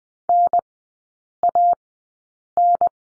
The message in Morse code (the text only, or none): NAN